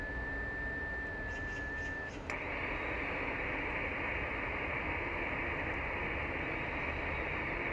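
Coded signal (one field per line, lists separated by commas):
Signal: FT8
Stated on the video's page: FT8 on 20m from Nauru, Pacific Ocean, worked with IC-7600, SPE Expert 1.3K-FA amplifier and hex beam antenna.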